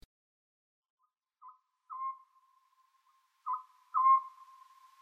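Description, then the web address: Oriental scops owl: two three-note hoot phrases after a brief quiet start, the second phrase louder than the first. "konohazuku"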